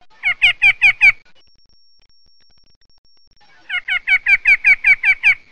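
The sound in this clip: White-breasted nuthatch giving nasal, harmonically rich calls in quick runs, a short bout of five, then a longer bout after a pause.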